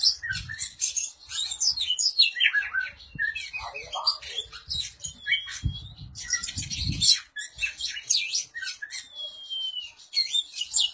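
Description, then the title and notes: Oriental magpie-robin song of varied whistles, sliding notes and harsh chatters, with low thumping sounds in the background. "suara kacer. kumpulan suara burung kacer"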